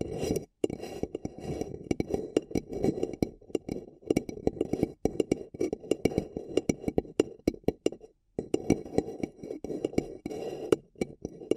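Paper cup tingles: quick crinkly tapping and scratching on a paper cup, with dense bursts of sharp clicks spread through the whole twelve seconds. The rustling sits mostly low and muffled, broken by brief silences near half a second, five seconds and eight seconds.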